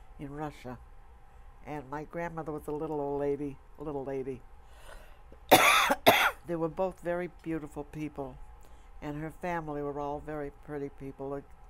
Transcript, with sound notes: in Russia and my grandmother was a little old lady, a little lady. [coughs] They were both very beautiful people, and her family were all very pretty people.